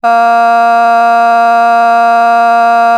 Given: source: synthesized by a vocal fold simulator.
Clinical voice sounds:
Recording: sustained vowel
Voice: female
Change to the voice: vocal strain, level 5 of 10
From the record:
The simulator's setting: 0.44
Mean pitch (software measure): 233 Hz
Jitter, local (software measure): 0.40%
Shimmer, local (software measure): 1.8%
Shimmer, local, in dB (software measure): 0.15 dB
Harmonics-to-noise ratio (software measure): 27.2 dB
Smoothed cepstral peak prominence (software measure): 21.4 dB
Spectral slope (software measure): -17.9 dB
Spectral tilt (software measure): -7.5 dB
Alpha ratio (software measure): -8.4 dB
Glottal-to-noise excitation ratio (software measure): 0.990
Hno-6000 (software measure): 2.1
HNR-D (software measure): 43.1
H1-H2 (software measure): -0.2 dB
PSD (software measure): 2.0e-05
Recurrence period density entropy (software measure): 0.130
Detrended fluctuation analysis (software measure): 0.0107

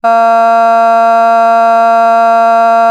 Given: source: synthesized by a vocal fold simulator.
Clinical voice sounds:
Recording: sustained vowel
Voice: female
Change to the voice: vocal strain, level 4 of 10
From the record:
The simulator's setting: 0.33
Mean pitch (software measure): 229 Hz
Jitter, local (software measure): 0.25%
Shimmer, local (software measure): 0.9%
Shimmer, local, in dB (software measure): 0.08 dB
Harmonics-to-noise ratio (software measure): 32.4 dB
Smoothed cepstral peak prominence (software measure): 21.2 dB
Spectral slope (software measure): -18.5 dB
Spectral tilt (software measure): -8.0 dB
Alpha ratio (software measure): -9.0 dB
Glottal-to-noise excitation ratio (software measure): 0.992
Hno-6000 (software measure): 2.1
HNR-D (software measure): 47.0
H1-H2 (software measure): 2.3 dB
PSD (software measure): 1.3e-05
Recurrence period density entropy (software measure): 0.130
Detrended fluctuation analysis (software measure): 0.0110

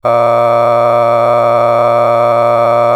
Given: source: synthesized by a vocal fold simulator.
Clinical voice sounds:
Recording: sustained vowel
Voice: male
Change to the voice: a random mix of aspiration noise, stiffness perturbation and strain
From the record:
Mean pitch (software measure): 118 Hz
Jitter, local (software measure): 2.44%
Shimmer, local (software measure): 7.1%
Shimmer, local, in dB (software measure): 0.58 dB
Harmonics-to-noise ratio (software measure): 11.4 dB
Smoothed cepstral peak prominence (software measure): 15.6 dB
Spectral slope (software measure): -16.7 dB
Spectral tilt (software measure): -11.4 dB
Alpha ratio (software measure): -7.1 dB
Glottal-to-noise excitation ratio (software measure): 0.972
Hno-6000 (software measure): 2.3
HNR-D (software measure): 24.0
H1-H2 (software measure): 4.3 dB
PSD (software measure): 1.6e-04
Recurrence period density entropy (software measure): 0.107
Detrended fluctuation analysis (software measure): 0.0450

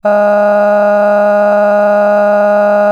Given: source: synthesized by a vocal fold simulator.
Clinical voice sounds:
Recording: sustained vowel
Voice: female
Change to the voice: cycle-to-cycle stiffness perturbation (roughness), level 4 of 10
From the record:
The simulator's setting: 2.46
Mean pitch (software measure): 206 Hz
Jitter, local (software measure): 1.07%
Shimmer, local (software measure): 8.3%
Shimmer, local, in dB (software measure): 0.72 dB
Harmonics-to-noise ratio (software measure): 18.9 dB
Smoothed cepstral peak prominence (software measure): 17.3 dB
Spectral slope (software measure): -21.9 dB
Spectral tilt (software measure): -10.7 dB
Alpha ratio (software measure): -12.4 dB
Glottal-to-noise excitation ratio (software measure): 0.967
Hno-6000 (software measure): 2.3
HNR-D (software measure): 34.5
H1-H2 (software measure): 4.0 dB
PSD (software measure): 4.9e-05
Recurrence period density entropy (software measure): 0.121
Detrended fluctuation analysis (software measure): 0.0275

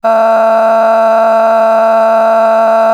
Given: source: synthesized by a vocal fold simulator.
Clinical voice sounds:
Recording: sustained vowel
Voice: female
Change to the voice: a random mix of aspiration noise, stiffness perturbation and strain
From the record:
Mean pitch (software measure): 224 Hz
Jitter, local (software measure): 1.70%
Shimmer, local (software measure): 5.6%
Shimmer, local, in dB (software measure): 0.50 dB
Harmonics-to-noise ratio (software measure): 15.3 dB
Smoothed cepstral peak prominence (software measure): 14.8 dB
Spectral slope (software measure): -20.4 dB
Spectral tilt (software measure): -10.4 dB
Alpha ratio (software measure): -10.9 dB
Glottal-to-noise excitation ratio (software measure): 0.906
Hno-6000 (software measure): 2.2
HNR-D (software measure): 35.5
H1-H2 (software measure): 1.6 dB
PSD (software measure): 6.6e-05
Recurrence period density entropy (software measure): 0.118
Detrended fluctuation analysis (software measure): 0.0128

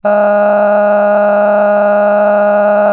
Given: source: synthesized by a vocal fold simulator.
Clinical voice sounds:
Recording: sustained vowel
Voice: female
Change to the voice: cycle-to-cycle stiffness perturbation (roughness), level 6 of 10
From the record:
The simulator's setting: 3.88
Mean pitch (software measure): 206 Hz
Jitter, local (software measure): 1.84%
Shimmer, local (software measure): 13.6%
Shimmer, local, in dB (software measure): 1.21 dB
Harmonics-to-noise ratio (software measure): 14.3 dB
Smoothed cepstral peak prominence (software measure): 15.5 dB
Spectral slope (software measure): -21.9 dB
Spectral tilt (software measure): -11.5 dB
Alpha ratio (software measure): -12.4 dB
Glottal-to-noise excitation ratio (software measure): 0.959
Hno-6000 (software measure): 2.4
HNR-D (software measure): 34.6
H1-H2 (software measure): 7.1 dB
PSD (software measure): 8.0e-05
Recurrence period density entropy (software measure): 0.117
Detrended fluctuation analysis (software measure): 0.0281

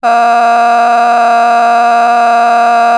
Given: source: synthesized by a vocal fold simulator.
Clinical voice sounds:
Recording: sustained vowel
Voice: female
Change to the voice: a random mix of aspiration noise, stiffness perturbation and strain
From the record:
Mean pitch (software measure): 235 Hz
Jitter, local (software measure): 1.29%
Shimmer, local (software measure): 6.9%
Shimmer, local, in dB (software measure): 0.61 dB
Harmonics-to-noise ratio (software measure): 16.1 dB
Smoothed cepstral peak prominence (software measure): 16.0 dB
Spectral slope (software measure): -18.0 dB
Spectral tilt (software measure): -9.1 dB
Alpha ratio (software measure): -8.4 dB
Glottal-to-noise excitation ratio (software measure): 0.952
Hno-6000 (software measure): 1.9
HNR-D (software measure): 38.1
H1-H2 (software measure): -1.8 dB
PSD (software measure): 6.4e-05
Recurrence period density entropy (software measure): 0.119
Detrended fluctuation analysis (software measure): 0.0102

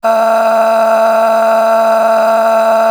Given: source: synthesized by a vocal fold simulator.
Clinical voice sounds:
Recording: sustained vowel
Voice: female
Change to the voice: a random mix of aspiration noise, stiffness perturbation and strain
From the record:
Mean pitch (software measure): 224 Hz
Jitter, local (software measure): 2.03%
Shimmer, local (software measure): 10.8%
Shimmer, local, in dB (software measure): 0.95 dB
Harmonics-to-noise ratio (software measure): 12.0 dB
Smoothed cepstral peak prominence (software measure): 10.2 dB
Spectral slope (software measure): -19.6 dB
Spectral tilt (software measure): -8.5 dB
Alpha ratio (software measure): -10.1 dB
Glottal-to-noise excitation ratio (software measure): 0.805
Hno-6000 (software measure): 1.8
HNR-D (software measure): 32.0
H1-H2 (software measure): -1.7 dB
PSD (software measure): 8.0e-05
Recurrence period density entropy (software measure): 0.122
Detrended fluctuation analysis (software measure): 0.0135

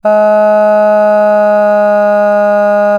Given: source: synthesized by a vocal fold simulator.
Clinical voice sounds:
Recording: sustained vowel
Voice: female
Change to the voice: asymmetry, level 2 of 51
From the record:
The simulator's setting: 1.10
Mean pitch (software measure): 209 Hz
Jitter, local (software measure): 0.16%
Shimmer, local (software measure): 1.3%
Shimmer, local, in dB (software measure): 0.11 dB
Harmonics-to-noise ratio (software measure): 32.5 dB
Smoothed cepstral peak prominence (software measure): 18.6 dB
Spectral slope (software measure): -23.4 dB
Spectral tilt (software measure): -9.1 dB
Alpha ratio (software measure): -13.8 dB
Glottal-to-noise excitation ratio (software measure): 0.969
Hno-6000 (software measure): 2.3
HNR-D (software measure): 40.4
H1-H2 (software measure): 8.9 dB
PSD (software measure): 4.9e-05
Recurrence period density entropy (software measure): 0.135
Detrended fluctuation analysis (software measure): 0.0250

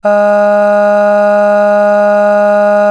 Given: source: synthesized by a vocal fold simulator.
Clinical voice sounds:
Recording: sustained vowel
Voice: female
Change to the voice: aspiration noise (breathiness), level 5 of 10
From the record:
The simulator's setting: 0.82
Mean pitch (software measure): 206 Hz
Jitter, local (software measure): 0.34%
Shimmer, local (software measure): 3.2%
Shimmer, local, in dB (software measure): 0.28 dB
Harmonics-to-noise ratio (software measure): 24.7 dB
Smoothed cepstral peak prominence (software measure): 16.1 dB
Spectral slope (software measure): -21.9 dB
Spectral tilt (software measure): -7.8 dB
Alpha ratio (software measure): -12.3 dB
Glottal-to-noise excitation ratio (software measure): 0.935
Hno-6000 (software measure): 2.1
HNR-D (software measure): 38.4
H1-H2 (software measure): 8.6 dB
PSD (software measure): 1.8e-05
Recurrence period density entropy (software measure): 0.124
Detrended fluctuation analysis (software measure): 0.0275

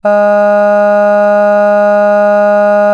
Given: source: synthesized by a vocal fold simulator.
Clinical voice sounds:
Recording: sustained vowel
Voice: female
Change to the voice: none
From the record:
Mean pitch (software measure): 206 Hz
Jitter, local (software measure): 0.18%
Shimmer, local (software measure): 1.5%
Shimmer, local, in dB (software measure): 0.13 dB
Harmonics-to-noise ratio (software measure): 31.6 dB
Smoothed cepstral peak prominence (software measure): 18.9 dB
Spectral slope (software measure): -21.9 dB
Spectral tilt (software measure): -8.6 dB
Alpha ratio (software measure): -12.4 dB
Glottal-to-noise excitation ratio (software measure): 0.975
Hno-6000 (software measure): 2.4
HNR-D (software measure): 39.8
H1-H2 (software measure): 9.5 dB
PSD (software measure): 1.9e-05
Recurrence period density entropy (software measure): 0.134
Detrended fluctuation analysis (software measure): 0.0274

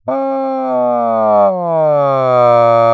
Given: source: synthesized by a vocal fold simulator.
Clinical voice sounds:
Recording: sustained vowel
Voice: male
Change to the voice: asymmetry, level 45 of 51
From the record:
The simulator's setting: 5.40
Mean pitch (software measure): 128 Hz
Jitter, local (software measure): 0.29%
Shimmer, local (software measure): 2.0%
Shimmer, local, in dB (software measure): 0.18 dB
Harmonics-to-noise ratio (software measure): 27.9 dB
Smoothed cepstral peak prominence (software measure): 22.6 dB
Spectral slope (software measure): -19.1 dB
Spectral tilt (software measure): -13.0 dB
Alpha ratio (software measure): -9.5 dB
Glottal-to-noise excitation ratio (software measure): 0.959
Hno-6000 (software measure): 2.8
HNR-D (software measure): 25.2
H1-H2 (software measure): -6.6 dB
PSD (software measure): 1.1e-03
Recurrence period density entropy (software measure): 0.113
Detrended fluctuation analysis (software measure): 0.0422

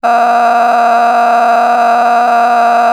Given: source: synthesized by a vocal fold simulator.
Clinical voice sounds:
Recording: sustained vowel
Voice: female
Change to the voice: a random mix of aspiration noise, stiffness perturbation and strain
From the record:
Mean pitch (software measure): 236 Hz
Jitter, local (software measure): 2.60%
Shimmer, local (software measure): 14.0%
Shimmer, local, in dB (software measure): 1.22 dB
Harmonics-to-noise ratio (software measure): 11.2 dB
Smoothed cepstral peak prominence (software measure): 12.8 dB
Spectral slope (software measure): -18.2 dB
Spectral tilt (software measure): -10.3 dB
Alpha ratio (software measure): -8.7 dB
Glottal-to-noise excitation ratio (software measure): 0.929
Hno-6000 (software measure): 1.9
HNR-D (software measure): 30.0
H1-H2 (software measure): -4.2 dB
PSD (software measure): 1.2e-04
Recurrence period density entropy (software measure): 0.116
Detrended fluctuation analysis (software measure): 0.0131

